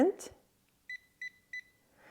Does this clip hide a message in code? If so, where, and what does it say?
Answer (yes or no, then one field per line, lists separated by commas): no